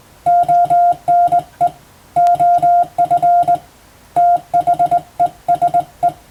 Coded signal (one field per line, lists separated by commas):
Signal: Morse code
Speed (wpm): 21 wpm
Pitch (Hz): 700 Hz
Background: music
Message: ONE OF THESE